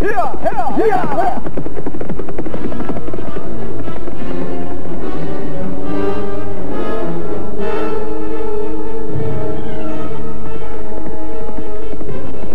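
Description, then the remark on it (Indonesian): Three horses gallop in a steady, loud, rhythmic drumming of hooves that runs the whole time, mixed with a swelling musical score. “Lihat itu, tiga ekor kuda di belakang kita.”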